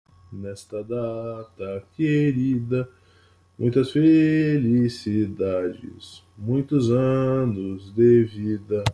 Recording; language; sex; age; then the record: short text; Brazilian Portuguese; male; 20 to 29 years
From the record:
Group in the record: control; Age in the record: 27 years